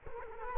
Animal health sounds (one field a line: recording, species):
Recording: mosquito wingbeat signal from an infrared sensor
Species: Culex quinquefasciatus